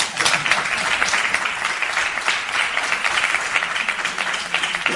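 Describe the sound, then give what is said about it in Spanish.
A crowd applauds steadily for about five seconds, a dense, even wash of many hands clapping at a constant loudness with no voices standing out. “Aplausos.”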